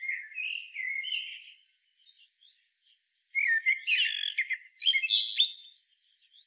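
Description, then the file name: Common blackbird singing: a mellow whistled opening that fades, a pause, then a second richer phrase of fluty notes breaking into scratchy high twitters. "Turdus merula"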